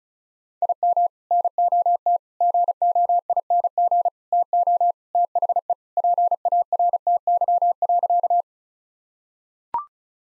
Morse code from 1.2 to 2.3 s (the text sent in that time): NOT